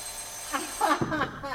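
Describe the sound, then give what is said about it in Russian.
A telephone rings in a few short, warbling bursts of high-pitched tone, moderately loud over a faint steady hum. “Вы что, не слышите, что телефон звонит?”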